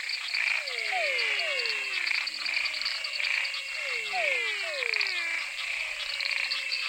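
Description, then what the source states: Frog chorus with falling, whistled swoops in pairs and threes, over a dense bed of high trilling and pulsing calls from many frogs. Frog chorus recorded in Mato Grosso.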